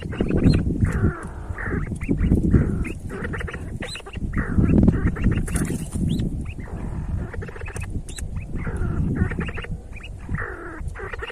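See-see partridge calls come in repeated bouts of rising nasal notes and short clucks, with low rumbling noise.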